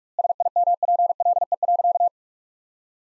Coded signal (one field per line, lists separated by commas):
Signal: Morse code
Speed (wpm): 46 wpm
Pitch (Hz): 700 Hz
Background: none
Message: SIMPLE.